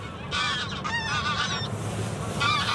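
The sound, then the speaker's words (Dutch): Greylag geese honk in a noisy, overlapping burst of harsh, nasal calls, then fall quiet briefly before another round of honking starts, over a steady low rumble. “Grauwe ganzen. Ja, die zijn wat minder zwijgzaam dan die Middelse zaagbekken.”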